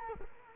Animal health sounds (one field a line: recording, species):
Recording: mosquito wingbeat signal from an infrared sensor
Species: Culex quinquefasciatus